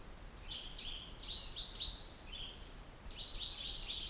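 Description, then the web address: Bird singing a few bursts of quick high chirps over a steady background hiss. Mweka trail, Kilimanjaro, Africa, 2005. "africa 2005 writeup mweka trail birds"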